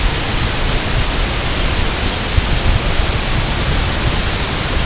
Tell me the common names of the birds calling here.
none